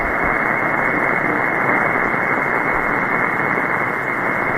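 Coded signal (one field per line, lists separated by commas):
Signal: Emergency Alert System (SAME) tones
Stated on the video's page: Hurricane Watch Net on 14.325 MHz USB for a hurricane, received on an SDRplay RSPduo; poor band conditions due to a major geomagnetic storm.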